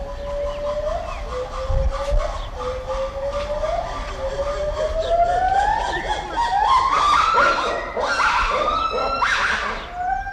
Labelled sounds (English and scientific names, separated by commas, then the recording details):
Lar Gibbon (Hylobates lar)
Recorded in captivity
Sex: pair
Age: adult
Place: Zoo Berlin, Berlin, DE
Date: 1994-06-11 10:14
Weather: heiter, 12-17°C
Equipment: Marantz CP 430, Sennheiser ME 80, Kopie Uher Variocord 263
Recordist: Tembrock, Günter